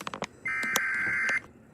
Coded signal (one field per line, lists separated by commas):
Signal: Emergency Alert System (SAME) tones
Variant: header bursts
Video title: REDEFINED MADNESS III: BLACK WEDNESDAY... - EAS Alerts from 10/9/24 - 10/10/24 (EAS #433 - #529)